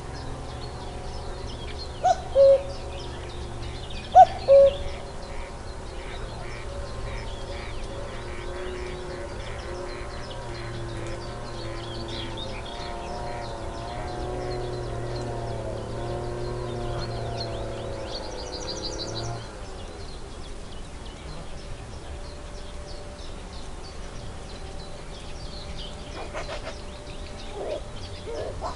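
Woodland noises with two short, sharp bird calls near the two- and four-second marks. A steady low hum runs under the first nineteen seconds, then drops away to a quieter, even background with a few faint ticks and soft calls toward the end.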